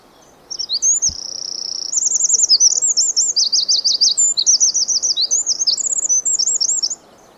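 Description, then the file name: Eurasian wren song, a loud rapid run of high trills and sharp notes lasting over six seconds, mixing rattling trills with a sustained clear note. "Troglodytes troglodytes"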